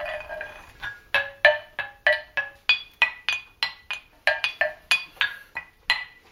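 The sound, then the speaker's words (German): Small knuckle bones rattle together in a quick series of light, bright clicks and clacks, about twenty taps in an uneven rhythm, with no voices. “Wenn man ein bisschen sanfteren Klang will, kann man ja solche Knöchelchen nehmen.”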